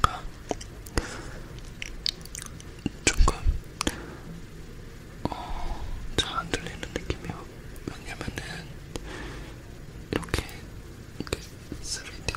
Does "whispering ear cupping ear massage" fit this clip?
yes